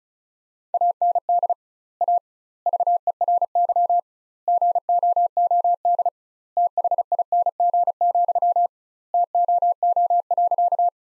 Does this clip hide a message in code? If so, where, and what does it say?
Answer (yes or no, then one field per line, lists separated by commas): yes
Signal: Morse code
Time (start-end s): 0.7-10.9 s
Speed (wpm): 34 wpm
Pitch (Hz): 700 Hz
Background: none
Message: AND A VERY GOOD THING, TOO.